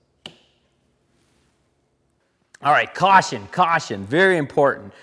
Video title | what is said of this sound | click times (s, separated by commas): Polaris Pro RMK 850 iQS Install - FOX | right once the ECU assembly is installed and fastened down then you simply have to just put the plug in put the plug in and then you just crank it down until it clicks | 0.3 s